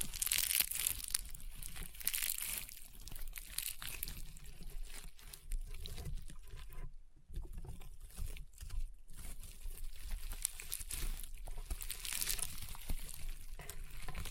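Rainbow honeycomb slime being squeezed and worked, giving a dense, continuous stream of crunchy crackles and small wet pops. Bursts of bright crackling come around 2, 5 and 12 seconds, with brief near-silent pauses around 7 and 9 seconds.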